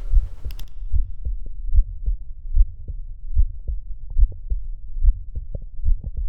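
Heartbeat heard through a stethoscope in an 18-year-old man, at about 73 beats per minute, with a Still's murmur, an innocent murmur common in healthy people. It is heard at its typical site, between the left sternal border and the left midclavicular line, just below nipple level.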